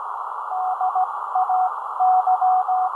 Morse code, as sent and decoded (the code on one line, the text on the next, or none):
-.. .- -.--
DAY